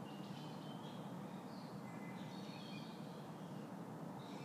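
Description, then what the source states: Birds calling: a few soft high chirps and brief whistles sit above a persistent low rumble. Birds recorded in a backyard.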